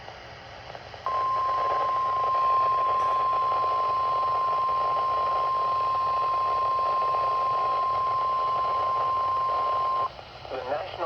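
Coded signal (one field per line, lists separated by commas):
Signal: Emergency Alert System (SAME) tones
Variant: 1050 Hz attention tone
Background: speech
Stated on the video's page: Off-air catches, mostly marine warnings.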